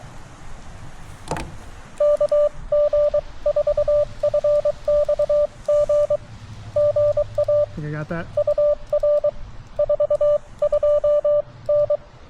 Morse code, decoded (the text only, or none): KG4FXG GA UR 42N